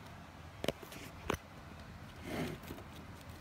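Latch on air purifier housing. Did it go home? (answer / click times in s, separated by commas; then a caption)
yes / 0.7 s, 1.3 s. A latch on a Sol Air Purerist air purifier's housing is brought over and pressed down one-handed to lock the filter cover. Two sharp clicks sound at 0.7 s and 1.3 s over low background noise, followed by a softer broadband rustle around 2.4 s. The latch locks closed.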